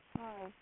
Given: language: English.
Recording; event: throat vibration sensor signal played as sound; speech